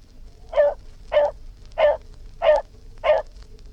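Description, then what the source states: Dog producing five loud, sharp barks at an even pace, each short and punchy, over a quiet hum. Dog barking; historical BBC collection.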